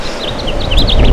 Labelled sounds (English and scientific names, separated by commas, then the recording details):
House Finch (Haemorhous mexicanus) song
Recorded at Bridgehampton on Long Island, New York, on 22 June 2013
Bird G